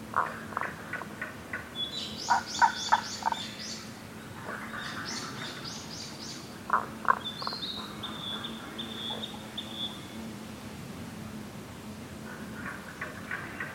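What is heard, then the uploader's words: Tago's brown frogs call in a forest with short bursts of low, clucking pulses, clustered in the first four seconds, again near seven seconds, and at the end. Bright bird trills and a thin whistle sound above a steady low hum. Rana tagoi tagoi in Kasugayama primeval forest by ototamari.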